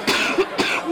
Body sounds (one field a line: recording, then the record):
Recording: coughing mixed with background sound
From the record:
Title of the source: 64 coughing, allergies, singing lungs